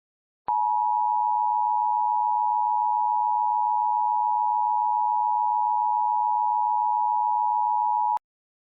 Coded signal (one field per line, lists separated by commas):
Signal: Emergency Alert System (SAME) tones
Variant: 853 and 960 Hz attention tone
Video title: EAS Scenario: The Vanishing